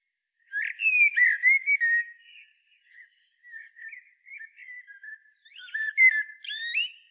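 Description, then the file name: Common blackbird delivering a rich fluted phrase, then soft scattered warbling notes, then a further burst of squeaky high twitters and whistles. "Turdus merula"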